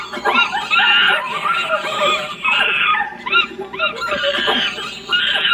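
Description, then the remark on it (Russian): A troop of monkeys at a zoo, jumping and swinging on branches and eating bananas, screeching and chattering with shrill, overlapping yelps and squeals rising and falling almost without pause, loud throughout. “Прыгают по веткам, раскачиваются, кричат, бананы едят.”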